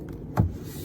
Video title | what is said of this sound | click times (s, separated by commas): RV Walk Through | and lock into place | 0.4 s